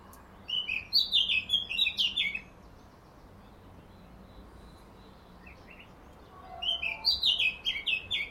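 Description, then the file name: Eurasian blackcap song: a loud two-second warbling phrase with clear descending notes, a pause with faint twitters, then the song starts again. "Sylvia atricapilla"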